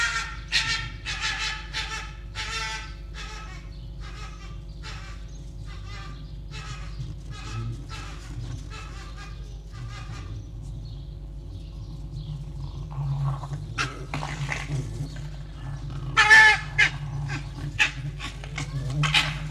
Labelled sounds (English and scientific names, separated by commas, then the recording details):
Red Fox (Vulpes vulpes)
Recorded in captivity
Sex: group
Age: adult
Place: Zoologisches Institut der HUB, Berlin, DE
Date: 1956-02-22 11:45
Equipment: Elmetra
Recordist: Tembrock, Günter
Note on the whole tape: Jupp gegen Jau: Aufstellen mit Drohschrei und Stoßschrei (mehrmals); Jau: etwas winselnd; Jupp weicht, dann: Drohschrei, Belldrohschrei; offenes Bellen; Jau: Muffen ohne Fleisch bei Fiffi; Fiffi: offenes und geschlossenes Knurren. Achtung, teilweise Kopiereffekte, Knistern und technische Störungen